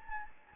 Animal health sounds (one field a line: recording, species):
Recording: mosquito wingbeat signal from an infrared sensor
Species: Anopheles gambiae